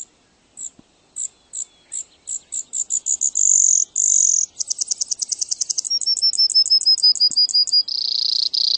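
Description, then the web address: Brewer's sparrow song, a long high run of chips that quicken, turn into drawn-out buzzes, then fast trills at shifting pitches, ending on a buzzy note. "birdweb sounds brsp"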